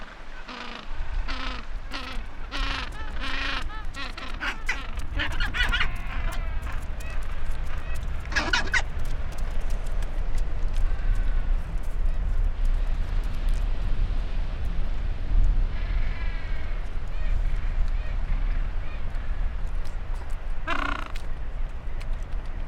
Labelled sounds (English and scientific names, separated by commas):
Gentoo Penguin (Pygoscelis papua) call